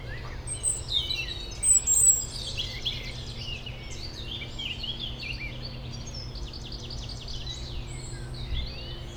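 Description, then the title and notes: European robin song, with a few louder high trills early on, then softer overlapping warbles from other birds, against a steady low mechanical hum. Robin in the foreground in Bois de Memard, a small peri-urban wood near the Jardin Vagabond, Aix-les-Bains, France, amid other birds; city and lake-boat rumble in background. "Dans le bois de Memard 73100 Aix-les-Bains, France - rouge gorge. Un rouge gorge au premier plan entouré de merles et autre oiseaux dans ce petit bois près du Jardin Vagabond, en zone péri urbaine, arrière plan de la rumeur de la ville et des bateaux sur le lac"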